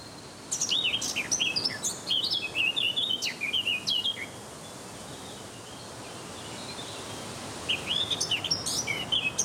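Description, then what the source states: Eurasian blackcap singing high, quick warbled phrases that twist up and down, with a pause midway before a final burst and a soft background hiss. A crystal-clear singing blackcap, sent in by a listener from Ede.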